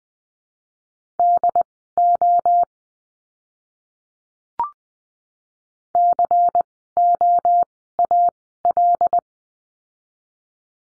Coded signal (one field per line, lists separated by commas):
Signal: Morse code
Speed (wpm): 20 wpm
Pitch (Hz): 700 Hz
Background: none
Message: DO COAL